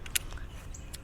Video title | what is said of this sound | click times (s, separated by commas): REQUESTED: Dac Pole Assembly for Big Agnes Salt Creek Tent | you can hear that snapping those are things already kind of starting to link together | 0.1 s, 0.2 s, 0.8 s, 1.0 s